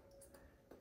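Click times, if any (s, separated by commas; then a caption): 0.2 s, 0.4 s. Pressing down on the marked spots of a plastic Wintersmiths Phantom Mini ice-tray mold seals its top section onto its bottom section. Two short clicks sound at about 0.2 and 0.4 seconds over a low background hum. The mold halves snap together and are seated.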